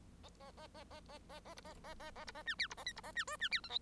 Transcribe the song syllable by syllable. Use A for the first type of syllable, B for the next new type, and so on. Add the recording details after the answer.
A A A A A A A B A A A A B A C D B A E B A C F C D G H. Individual Bird1